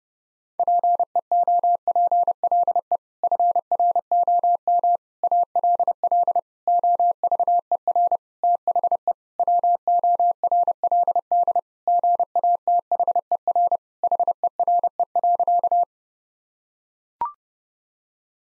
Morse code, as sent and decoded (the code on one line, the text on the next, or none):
.--. . --- .--. .-.. . / ..-. .-. --- -- / .- .-.. .-.. / --- ...- . .-. / - .... . / .-- --- .-. .-.. -.. / --. .- - .... . .-. / .... . .-. . .-.-.-
PEOPLE FROM ALL OVER THE WORLD GATHER HERE.